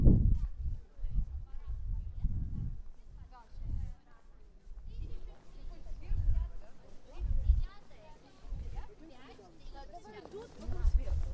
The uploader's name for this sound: Prague walk from Castle to Charles bridge & both towers